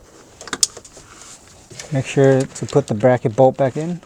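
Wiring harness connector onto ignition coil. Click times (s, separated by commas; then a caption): 0.6 s. After a spark plug replacement on a 2004-2016 Nissan Armada, the plastic wiring harness connector is pushed back onto the ignition coil. Sharp clicks sound at 0.5 s and 0.6 s; the strongest, last click at 0.6 s is the connector latching into place. Someone then talks.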